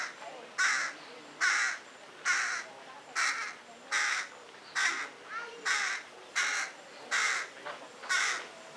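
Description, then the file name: Carrion crow calling in a long regular series, about ten short raspy caws at nearly even intervals under a second apart. "Corvus corone"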